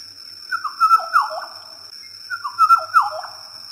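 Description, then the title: Oriole giving two mellow whistled phrases, each a quick cluster of slurred notes falling in pitch, with a faint steady high tone. Song, described as very melodious. "Suara Kicauan Kepodang Dada Merah"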